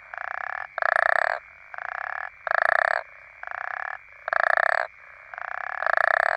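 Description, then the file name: African common toad calls: rasping pulsed snores alternating louder and softer, each about half a second long. "african common toads"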